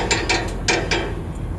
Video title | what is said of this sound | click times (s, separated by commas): Scottsdale Cooker 4824 | now I'm going to bring up the uh the grill grate for you grill grate is one-handed operation simply locks in place | 0.1 s, 0.7 s, 0.9 s